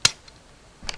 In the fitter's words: you'll hear it click you'll see it click